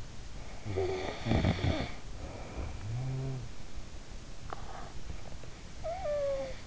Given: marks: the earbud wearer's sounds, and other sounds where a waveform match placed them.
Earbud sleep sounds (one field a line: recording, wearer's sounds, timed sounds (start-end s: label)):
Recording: sounds in sleep by an in-ear microphone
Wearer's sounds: snoring breath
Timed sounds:
0.76-3.56 s: snoring breath
4.56-6.67 s: snoring breath